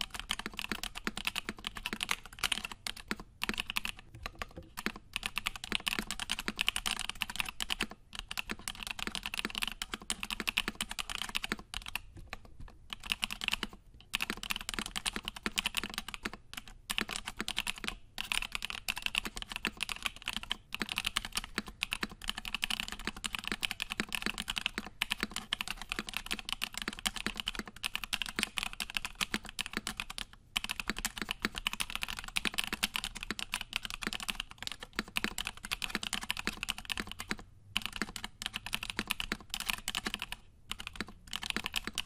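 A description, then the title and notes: Steady, dense keyboard typing runs the whole time, brisk crisp clicks, broken by a few brief pauses around twelve to fourteen seconds. Odin Nova65 Typing ASMR. Tonight we have the Odin Gaming Nova65 with Prevail Key Co Epsilon Linear Switches.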